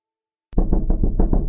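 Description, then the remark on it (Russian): Insistent knocking on the front door of a home: a rapid run of about seven loud, heavy raps in steady rhythm, starting abruptly after a moment of silence, with no voices. “Не успел он зайти домой, как в дверь настойчиво застучали.”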